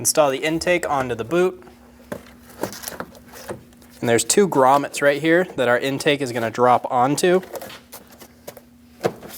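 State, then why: Not seated. Someone talks while a plastic air intake housing is handled and lowered onto its boot and two rubber mounting grommets on a 2003-2025 Chevrolet Express 2500 4.8L, with a few short knocks around 2.1 to 3.8 seconds. Nothing has seated or clicked yet.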